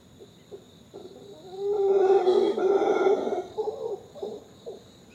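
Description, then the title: Howler monkey howl: a few soft grunts build into a loud two-second roar, then trail off into short grunts, with crickets buzzing steadily behind. Female at dawn on a hot early morning, emerging from the canopy, eating leaves and stretching after the night's sleep; crickets chirping. "Reserva Conchal: howlers at dawn"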